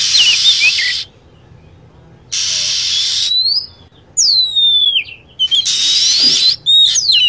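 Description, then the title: Lovebird chirps: shrill, high descending and rising chirps alternating with blocks of loud hiss, separated by short quiet gaps. Lovebird calls used as a lure to attract birds. "PIKAT BURUNG LOVEBIRD"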